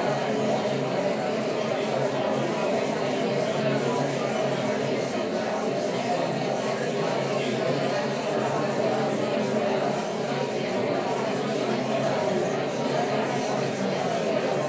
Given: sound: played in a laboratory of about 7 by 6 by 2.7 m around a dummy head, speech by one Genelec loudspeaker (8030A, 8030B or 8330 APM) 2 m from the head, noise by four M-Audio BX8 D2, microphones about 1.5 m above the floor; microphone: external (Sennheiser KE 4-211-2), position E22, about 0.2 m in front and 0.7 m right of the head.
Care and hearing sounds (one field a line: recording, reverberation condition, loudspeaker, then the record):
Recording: babble noise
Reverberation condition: medium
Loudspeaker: four, about 170 cm from the corners of the room and facing them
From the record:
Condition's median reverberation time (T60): about 510 ms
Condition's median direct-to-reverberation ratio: about -0.5 dB